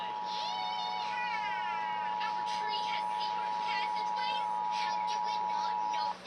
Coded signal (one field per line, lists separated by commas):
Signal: Emergency Alert System (SAME) tones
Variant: 853 and 960 Hz attention tone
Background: speech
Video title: MORE MONITORING STATIONS... EAS Tests from February 2023 (EAS #1,891 - 1,972)